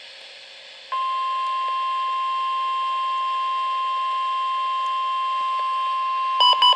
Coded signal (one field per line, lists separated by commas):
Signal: Emergency Alert System (SAME) tones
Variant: 1050 Hz attention tone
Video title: Severe Thunderstorm Watch #82 (EAS Alert #978)